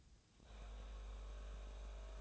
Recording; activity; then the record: daily activity, microphone in the room; make coffee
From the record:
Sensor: 2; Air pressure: 1009.3 hPa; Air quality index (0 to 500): 187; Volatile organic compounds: 11 ppm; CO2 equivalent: 2323 ppm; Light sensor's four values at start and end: 23/58/24/27 and 23/58/24/27